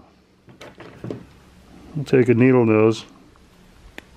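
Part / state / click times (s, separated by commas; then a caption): window latch closing on an aluminum trailer window frame / seated / 4.0 s. A latch on a vintage trailer's aluminum HEHR 1700 series window, reassembled without its spring, is pushed closed with needle-nose pliers while someone talks. Soft handling taps come first, then a short, sharp snap at 4.0 s as the latch shuts and stays closed.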